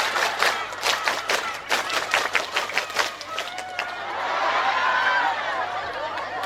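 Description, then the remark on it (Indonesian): A crowd claps together in a quick, rhythmic Indonesian Pramuka scout clapping pattern (tepuk pramuka) of sharp, loud claps, then breaks into a swell of cheering and excited chatter. “Tepuk satu. Tepuk dua. Tepuk tiga. Tepuk pramuka.”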